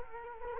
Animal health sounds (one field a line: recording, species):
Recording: mosquito wingbeat signal from an infrared sensor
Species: Culex quinquefasciatus